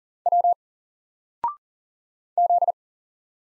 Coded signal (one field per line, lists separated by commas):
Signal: Morse code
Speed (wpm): 40 wpm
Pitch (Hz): 700 Hz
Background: none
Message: W Z